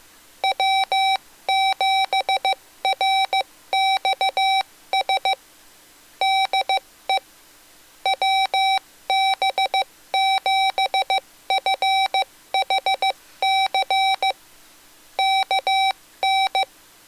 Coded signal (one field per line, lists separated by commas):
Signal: Morse code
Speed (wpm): 15 wpm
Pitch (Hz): 770 Hz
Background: none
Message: W7RXS DE WB7FHC KN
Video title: Mr. Rags Macro Keyer - Pt. 3 - Hard Macros & QSO Mode